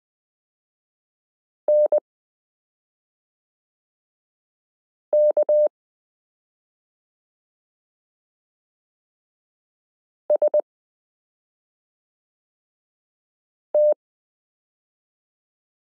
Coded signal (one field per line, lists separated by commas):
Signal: Morse code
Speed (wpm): 20 wpm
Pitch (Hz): 600 Hz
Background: none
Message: N K S T